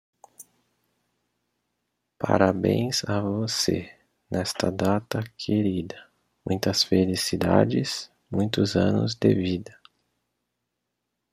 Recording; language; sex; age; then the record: short text; Brazilian Portuguese; male; 30 to 39 years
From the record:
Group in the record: control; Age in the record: 34 years